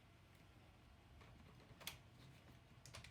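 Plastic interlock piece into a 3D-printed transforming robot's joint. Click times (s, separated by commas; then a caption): 1.9 s. A plastic interlock piece of a 3D-printed transforming robot toy is put into the robot's joint and slid until it locks. After quiet handling, a brief slide ends in a sharp click at 1.9 s, followed by a few light taps around 2.9 to 3.1 s. The interlock is seated and locked in place, and it is then checked that it cannot come apart.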